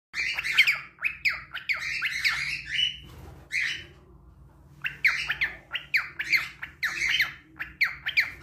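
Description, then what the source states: Cockatiel calling with quick, harsh squawking chirps repeated in rapid runs, a brief quiet gap after three seconds, then the chirping resumes over a low steady hum. Recording intended for cockatiel training.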